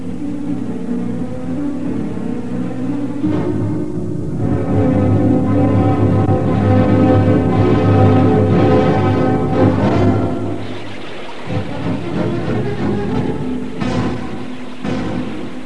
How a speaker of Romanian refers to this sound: Ne apropiem de o cascadă! O să ne prăbușim!